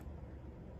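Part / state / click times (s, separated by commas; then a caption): plastic cap onto glue stick tube / not seated / none. A plastic cap is handled at the top of a glue stick tube, about to be pressed fully on to close a visible gap, with steady low-frequency rumble and no distinct snap throughout the 0.8 seconds. Nothing has seated or clicked yet; the clip ends just before the cap goes home.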